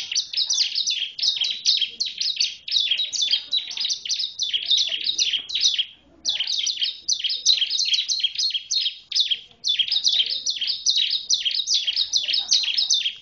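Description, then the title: Bar-winged prinia song: sustained, energetic sequence of high chirps and squeaky down-slurs, delivered almost nonstop with a couple of short breaks. "Suara Burung Ciblek"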